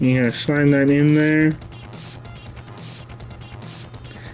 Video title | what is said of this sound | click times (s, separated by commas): Stack of Quarters: Viva La Vita Part 1: Hardware | don't know if you heard that click but it's click down in place | 3.1 s